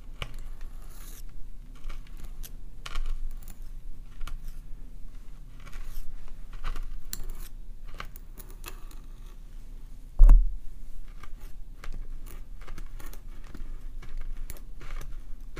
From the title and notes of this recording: ASMR This Or That - Bestie Plays With Your Hair (Scalp Oiling, Plucking, Scratching, Hair Brushing). Scalp oiling, plucking, scratching (massage), hair parting, and brushing.